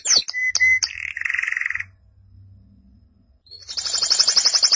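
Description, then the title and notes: Canary song: a few sharp high notes, then a steady buzzy trill near the middle range, a brief pause, and a fast high rattling trill to finish. "BM Suara Kenari. BM Suara Burung Kenari"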